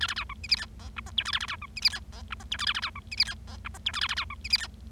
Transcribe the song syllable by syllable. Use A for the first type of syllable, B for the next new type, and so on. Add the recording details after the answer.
A A B C D E F G H I J K A A B C D E F G H I J K A A B C D E F G H I J K A A B C D E F. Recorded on 25 March 2012 at 17:34. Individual gy6or6